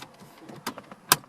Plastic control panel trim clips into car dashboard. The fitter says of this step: now we'll just snap this panel back in the same way that it came off